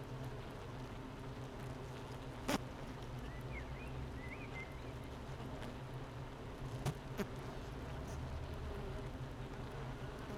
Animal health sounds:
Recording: honeybee colony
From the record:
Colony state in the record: missing queen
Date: 31 May 2018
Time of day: 9:05

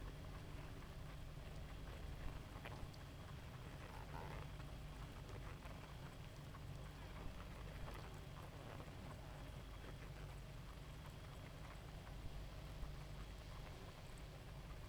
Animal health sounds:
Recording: honeybee colony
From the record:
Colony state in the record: active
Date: 28 July 2017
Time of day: 0:15

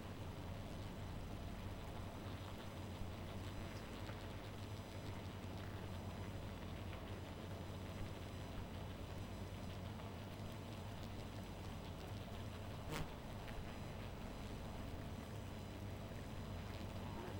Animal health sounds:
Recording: honeybee colony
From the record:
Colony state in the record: missing queen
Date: 14 July 2017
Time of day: 1:00

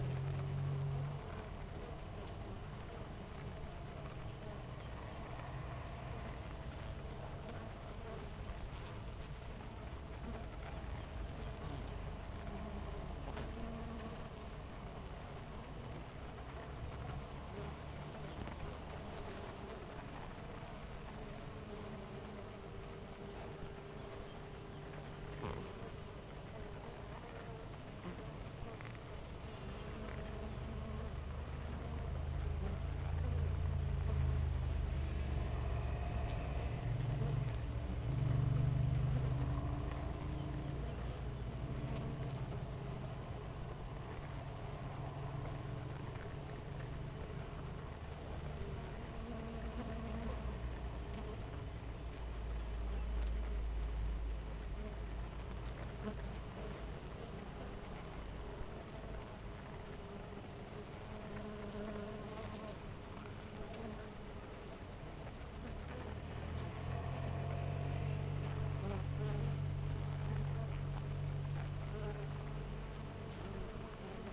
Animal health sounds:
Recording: honeybee colony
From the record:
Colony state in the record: missing queen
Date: 14 July 2017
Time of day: 6:30

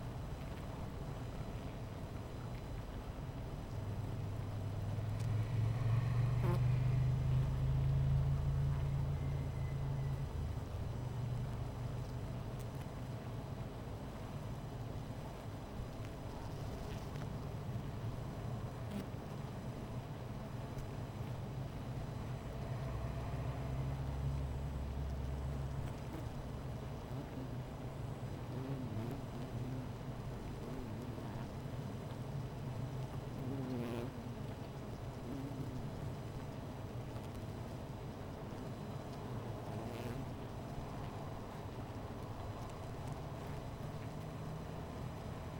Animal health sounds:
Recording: honeybee colony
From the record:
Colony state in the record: missing queen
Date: 14 July 2017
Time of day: 16:40

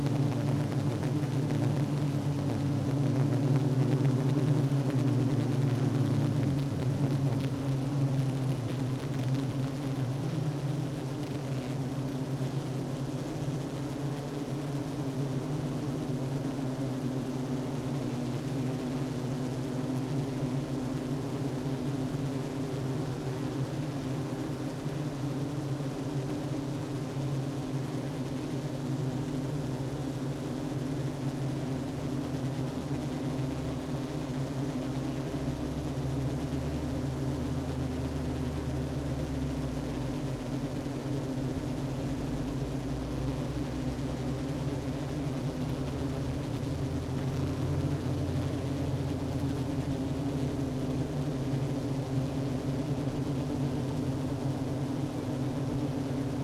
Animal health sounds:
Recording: honeybee colony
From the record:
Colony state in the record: active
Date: 12 June 2018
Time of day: 10:30

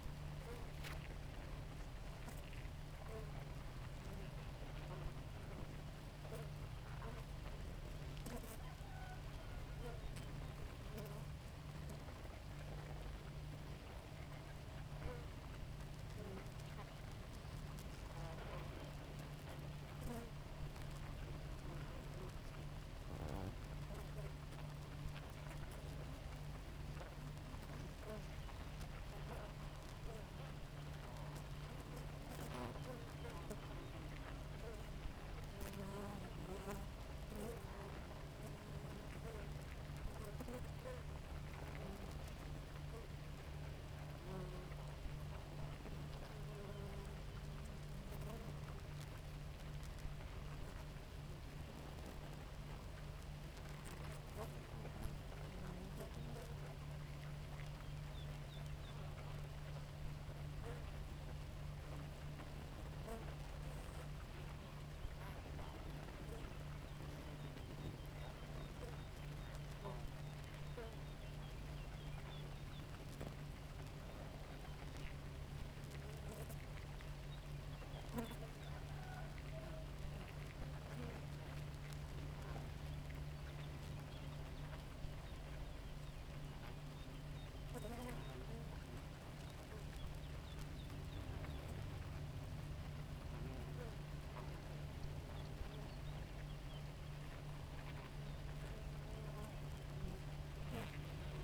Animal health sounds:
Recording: honeybee colony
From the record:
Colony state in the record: active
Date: 28 July 2017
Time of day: 4:14

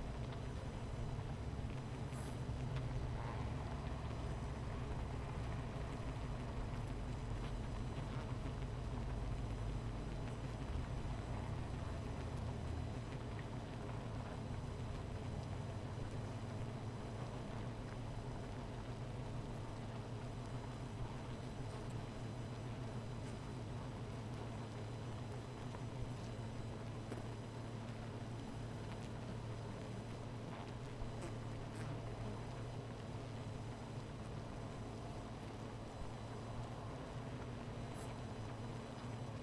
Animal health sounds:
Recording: honeybee colony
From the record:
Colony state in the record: missing queen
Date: 14 July 2017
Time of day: 17:55

